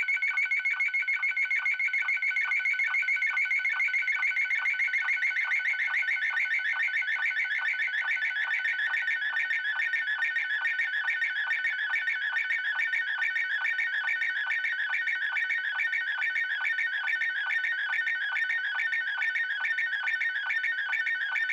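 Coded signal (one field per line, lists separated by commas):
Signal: SSTV (slow-scan television)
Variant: Robot36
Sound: continuous rapid warbling electronic tones with a regular fast rhythmic chirp throughout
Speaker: we are ready to receive my dad's image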